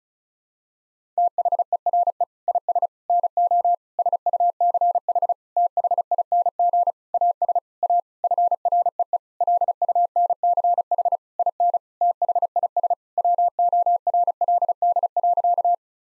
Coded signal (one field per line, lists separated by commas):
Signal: Morse code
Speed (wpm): 36 wpm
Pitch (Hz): 700 Hz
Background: none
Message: THERE IS NO SUCH THING AS A FREE LUNCH IN THIS WORLD.